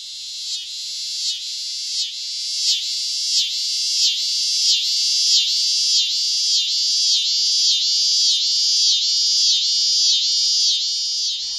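Scissor grinder cicada song, a loud high rasping buzz pulsing rhythmically, each pulse swelling, continuous throughout with no other sounds.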